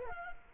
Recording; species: mosquito wingbeat signal from an infrared sensor; Culex quinquefasciatus